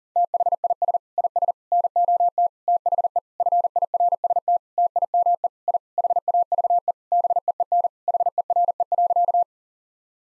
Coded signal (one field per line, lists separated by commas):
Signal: Morse code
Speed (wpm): 37 wpm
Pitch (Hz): 700 Hz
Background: none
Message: THIS IS NOT THE FIRST TIME I HAVE BEEN HERE.